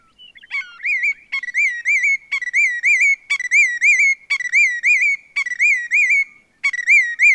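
Willet calling a loud ringing phrase, a sharp note followed by rolling wavering whistles, repeated about once a second in a steady run.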